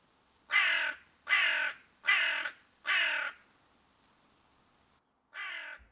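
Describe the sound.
Crow cawing, four harsh drawn-out caws about one per second, a pause, then a fifth caw after a brief dropout.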